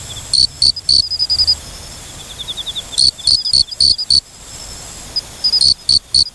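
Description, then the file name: Mori-okame cricket chirping in short bursts of bright, high pulses at the start, middle and end, with a faint ticking trill between them. "moriokamekourogi"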